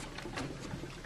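Rubber D-ring seals are wiggled into place on a Wilden air diaphragm pump assembly, producing a steady low rubbing and shuffling noise with brief handling knocks near 0.2, 0.4 and 1.1 seconds. The clip ends while the seals are still being worked in, and nothing has seated or clicked yet.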